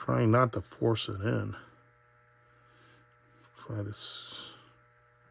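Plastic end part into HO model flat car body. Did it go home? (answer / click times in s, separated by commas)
no / none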